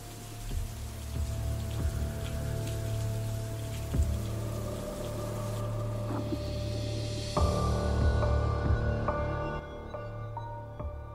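Steady rain falls in a continuous hiss, with scattered drops pattering on a surface and a faint, sustained tonal hum underneath. No one speaks.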